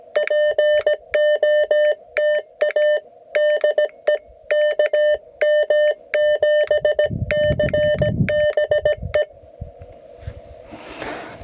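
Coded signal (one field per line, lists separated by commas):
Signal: Morse code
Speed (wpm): 17 wpm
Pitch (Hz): 600 Hz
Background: none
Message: POTA DE KM7CBE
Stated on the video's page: CW POTA activation on 40 meters from Coronado National Forest, using an IC-705 and an 80-meter end-fed half-wave, by a newer CW operator.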